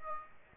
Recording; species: mosquito wingbeat signal from an infrared sensor; Aedes aegypti